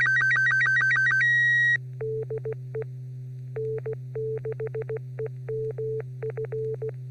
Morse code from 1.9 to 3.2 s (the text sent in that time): DE